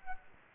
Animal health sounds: mosquito wingbeat signal from an infrared sensor; Anopheles gambiae

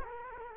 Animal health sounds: mosquito wingbeat signal from an infrared sensor; Culex quinquefasciatus

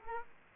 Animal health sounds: mosquito wingbeat signal from an infrared sensor; Aedes aegypti

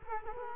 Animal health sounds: mosquito wingbeat signal from an infrared sensor; Culex quinquefasciatus

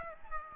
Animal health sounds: mosquito wingbeat signal from an infrared sensor; Aedes aegypti

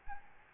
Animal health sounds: mosquito wingbeat signal from an infrared sensor; Aedes albopictus

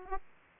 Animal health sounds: mosquito wingbeat signal from an infrared sensor; Aedes aegypti

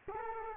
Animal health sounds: mosquito wingbeat signal from an infrared sensor; Culex quinquefasciatus

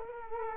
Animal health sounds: mosquito wingbeat signal from an infrared sensor; Culex quinquefasciatus

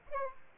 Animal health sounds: mosquito wingbeat signal from an infrared sensor; Aedes aegypti

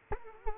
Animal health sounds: mosquito wingbeat signal from an infrared sensor; Culex quinquefasciatus

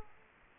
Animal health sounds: mosquito wingbeat signal from an infrared sensor; Aedes aegypti

